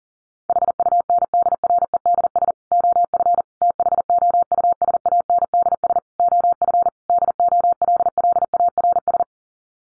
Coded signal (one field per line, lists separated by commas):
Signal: Morse code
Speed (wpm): 37 wpm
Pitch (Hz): 700 Hz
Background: none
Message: HUNDREDS OF THOUSANDS OF DOLLARS